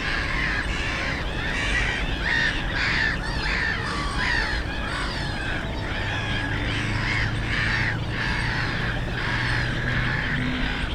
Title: Żabie Doły, Bytom, Polska - Black-headed gulls at Frog Ponds complex